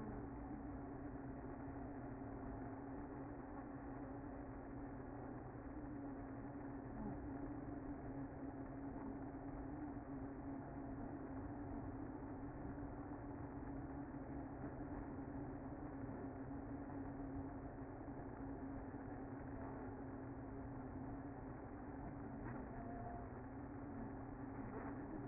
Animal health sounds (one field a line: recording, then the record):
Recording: honeybee colony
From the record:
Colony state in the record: active